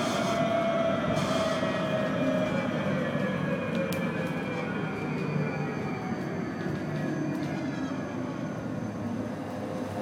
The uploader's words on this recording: The sound of the M6 Tram at Berlin Mitte by Bougie.